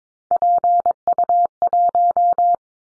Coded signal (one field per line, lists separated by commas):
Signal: Morse code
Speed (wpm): 22 wpm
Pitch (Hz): 700 Hz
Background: none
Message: PU1